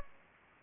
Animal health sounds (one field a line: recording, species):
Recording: mosquito wingbeat signal from an infrared sensor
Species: Aedes aegypti